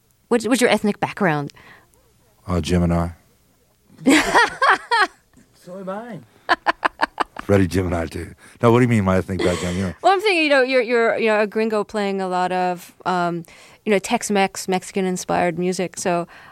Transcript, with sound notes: What's your ethnic background?
Gemini.
(Laughter).
So am I.
Freddy a Gemini, too. No, what do you mean my ethnic background? Yeah.
Well, I'm thinking, you know, you're, you know, a gringo playing a lot of, you know, Tex-Mex, Mexican-inspired music.